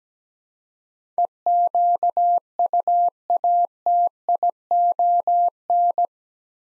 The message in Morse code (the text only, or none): EQUATION